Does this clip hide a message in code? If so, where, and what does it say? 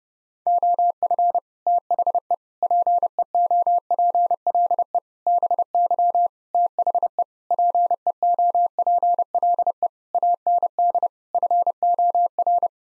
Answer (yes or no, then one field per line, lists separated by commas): yes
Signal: Morse code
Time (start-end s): 0.5-12.7 s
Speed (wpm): 30 wpm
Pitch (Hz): 700 Hz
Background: none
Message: OF THE PEOPLE BY THE PEOPLE AND FOR